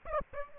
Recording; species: mosquito wingbeat signal from an infrared sensor; Aedes aegypti